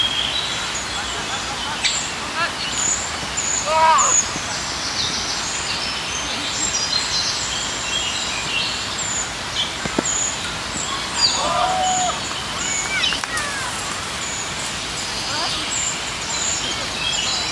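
A park ambience of steady hiss with scattered bird chirps and whistles, brief faint voices, and a soft knock near ten seconds.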